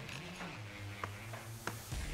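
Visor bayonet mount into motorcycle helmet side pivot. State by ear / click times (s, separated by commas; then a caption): seated / 1.0 s, 1.7 s. A motorcycle helmet visor, now fitted with a Pinlock insert, goes back onto an ATLAS 3.0 helmet: its bayonet mounts are pushed into the side pivots and given a quarter turn on each side. Two short, sharp clicks at 1.0 s and 1.7 s, one per side, stand out over a steady low hum. The visor is seated in place.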